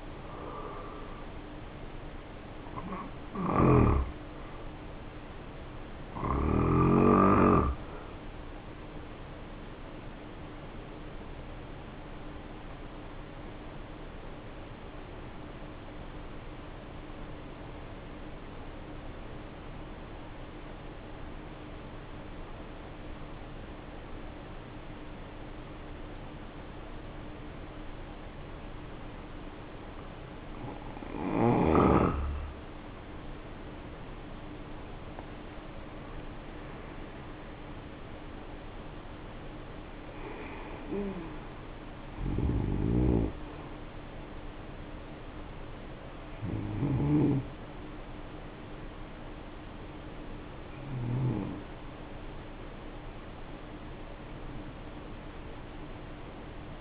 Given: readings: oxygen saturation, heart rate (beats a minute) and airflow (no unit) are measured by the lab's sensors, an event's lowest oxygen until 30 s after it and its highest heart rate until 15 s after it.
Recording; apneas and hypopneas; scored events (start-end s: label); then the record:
breathing in sleep by a voice recorder at the bedside; 1
14.00-31.60 s: obstructive apnea (N1, oxygen 94% highest, then 77% lowest, heart rate 55 at the start, 76 highest)
53.00-56.81 s: new sleep stage, N2 (light sleep)
From the record:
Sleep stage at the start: N1 (lightest sleep); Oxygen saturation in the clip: 77 to 94%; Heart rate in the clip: 52 to 76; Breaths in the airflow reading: 9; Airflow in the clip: -8.1 to 8.2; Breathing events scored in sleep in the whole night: 520 in 7.2 hours asleep